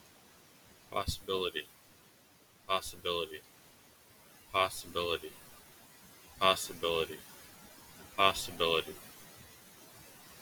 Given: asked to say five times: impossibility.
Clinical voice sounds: repeated word; male; 20 to 29 years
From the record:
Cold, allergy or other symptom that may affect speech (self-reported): no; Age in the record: 29 years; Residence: Maryland, United States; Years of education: 15

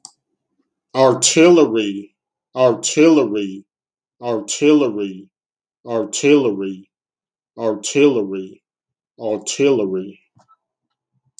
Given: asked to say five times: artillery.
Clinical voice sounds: repeated word; male; 40 to 49 years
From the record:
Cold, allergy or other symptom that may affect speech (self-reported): no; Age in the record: 44 years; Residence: Alabama, United States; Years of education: 18

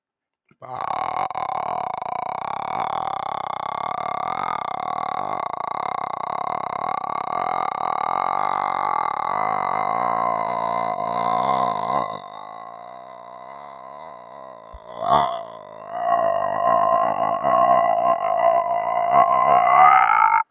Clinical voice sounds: vowel held as long as possible; male; 20 to 29 years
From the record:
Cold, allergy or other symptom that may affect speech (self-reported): no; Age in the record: 21 years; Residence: Texas, United States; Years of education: 15

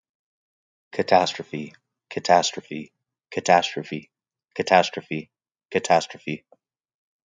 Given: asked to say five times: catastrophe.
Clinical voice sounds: repeated word; male; 30 to 39 years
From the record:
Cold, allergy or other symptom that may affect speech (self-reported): no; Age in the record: 31 years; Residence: Texas, United States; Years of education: 16

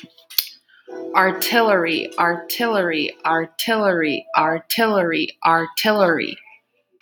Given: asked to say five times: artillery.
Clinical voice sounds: repeated word; female; 20 to 29 years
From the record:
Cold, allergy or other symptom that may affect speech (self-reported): no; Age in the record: 28 years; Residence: Minnesota, United States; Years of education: 18

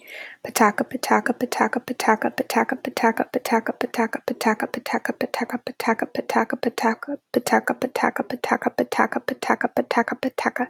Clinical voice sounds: repeated syllables /pa ta ka/; female; 20 to 29 years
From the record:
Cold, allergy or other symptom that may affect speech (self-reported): no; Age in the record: 27 years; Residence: Texas, United States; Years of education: 13

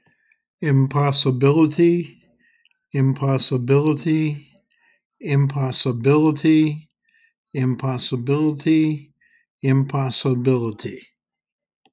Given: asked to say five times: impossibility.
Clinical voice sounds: repeated word; male; 70 to 79 years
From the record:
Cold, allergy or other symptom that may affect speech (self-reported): no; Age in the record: 73 years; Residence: Virginia, United States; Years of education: 16

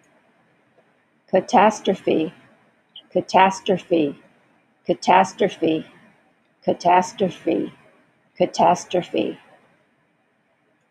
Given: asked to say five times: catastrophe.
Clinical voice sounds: repeated word; female; 70 to 79 years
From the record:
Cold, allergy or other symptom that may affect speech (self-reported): no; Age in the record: 75 years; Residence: Texas, United States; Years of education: 15

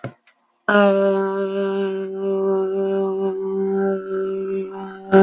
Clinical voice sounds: vowel held as long as possible; female; 20 to 29 years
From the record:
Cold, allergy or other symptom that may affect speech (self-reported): no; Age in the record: 23 years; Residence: Texas, United States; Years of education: 12

